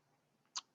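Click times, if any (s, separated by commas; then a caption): 0.6 s. Someone rotates the revolving nosepiece of a microscope to bring an objective lens into position. A short, sharp tick is heard at 0.6 s against a quiet background. The nosepiece clicks into place, seating the objective lens.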